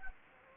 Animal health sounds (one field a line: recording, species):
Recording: mosquito wingbeat signal from an infrared sensor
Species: Anopheles gambiae